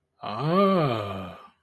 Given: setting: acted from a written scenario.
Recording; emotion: vocal sound without words; awe